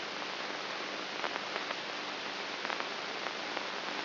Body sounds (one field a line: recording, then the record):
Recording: brain microelectrode recording played as sound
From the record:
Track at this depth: inside the subthalamic nucleus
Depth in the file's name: 5.84 mm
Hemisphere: right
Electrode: 3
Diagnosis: Parkinson's disease